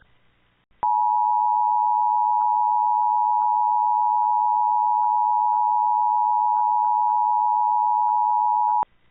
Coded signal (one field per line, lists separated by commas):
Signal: Emergency Alert System (SAME) tones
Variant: 853 and 960 Hz attention tone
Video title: EAS Mock: Mobius City Conducts a RMT on EASyPLUS